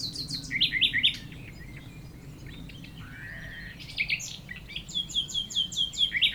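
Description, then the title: Common nightingale song of fast repeated chirping notes in bursts, over a constant low engine drone. Several nightingales singing near Chindrieux, France; a rototiller runs far off; recordist a few meters from the foreground singer. "195 Rue de Vars, Chindrieux, France - Rossignols"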